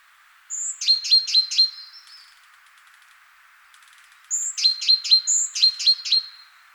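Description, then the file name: Great tit calling, two quick series of thin high chips and brief whistles, about two seconds apart, against faint background hiss. "Parus major"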